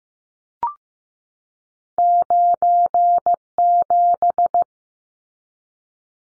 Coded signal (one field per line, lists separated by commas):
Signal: Morse code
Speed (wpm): 15 wpm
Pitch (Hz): 700 Hz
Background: none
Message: 97